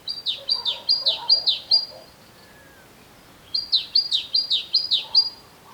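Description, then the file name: Great tit song: bright two-note phrases repeated several times in a quick see-saw rhythm, a pause, then another similar burst; faint lower chirps underneath. "Parus major"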